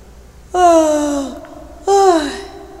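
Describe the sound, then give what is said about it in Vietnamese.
A man performs two loud, drawn-out yawns, each sliding downward in pitch. The first is longer, and a brief pause separates it from the second. “Anh ta ngáp một cái rõ to.”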